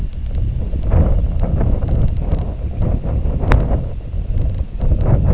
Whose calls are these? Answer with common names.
none